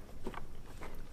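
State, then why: Seated. Shortened plastic housing sections for a BORA Pure Home-In interface for a window contact switch are plugged into each other, and a sharp click at 0.4 s marks them latching together. Shorter knocks are heard around 0.3 s and 0.8 s, and the housing parts end up seated.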